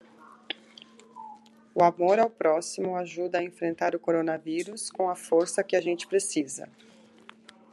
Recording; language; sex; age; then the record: spoken sentence; Brazilian Portuguese; female; 40 to 49 years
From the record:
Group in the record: control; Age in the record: 47 years